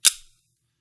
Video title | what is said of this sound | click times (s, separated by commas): HP X360 14 cd0004la 3px59la#abm Ram Upgrade Guide | then you're just gonna push it down. You're gonna hear the click sounds. | 0.1 s